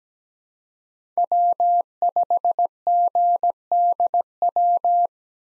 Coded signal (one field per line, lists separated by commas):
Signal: Morse code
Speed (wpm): 17 wpm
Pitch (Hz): 700 Hz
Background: none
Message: W5GDW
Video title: 2023 SOTA Chaser Call Signs - 17wpm